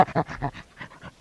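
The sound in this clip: Chimpanzee panting, a rapid series of breathy huffing pants, fading toward the end.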